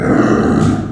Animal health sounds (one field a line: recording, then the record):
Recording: squeal of a Yucatan mini pig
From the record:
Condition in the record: after surgery on the right vocal fold (resection and tissue-engineered implant)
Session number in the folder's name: 4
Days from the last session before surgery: 26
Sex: female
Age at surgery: 19 weeks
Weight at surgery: 25 kg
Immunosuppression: prednisolone